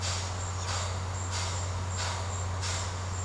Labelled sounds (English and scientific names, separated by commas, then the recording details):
none
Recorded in secondary vegetation near Puerto Asís, Putumayo, Colombia, on 19 March 2025 at 17:00
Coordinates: 0.468, -76.324
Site G059